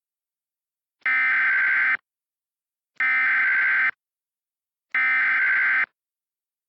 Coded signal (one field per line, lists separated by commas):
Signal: Emergency Alert System (SAME) tones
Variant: header bursts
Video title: oh look some thunder - EAS Recreation